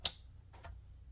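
An internal cable connector is pushed down into its motherboard header on a Dell PowerEdge R730 server, seating with a sharp, bright click at 0.05 s. Two fainter, softer sounds follow around 0.5 and 0.6 s over a low background hum. The connector is confirmed seated.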